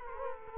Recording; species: mosquito wingbeat signal from an infrared sensor; Culex quinquefasciatus